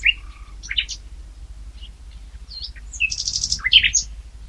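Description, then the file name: Common nightingale singing varied phrases of short chirps, slurred whistles and a dense rattling burst near the end, with faint low rumble underneath. "Luscinia megarhynchos"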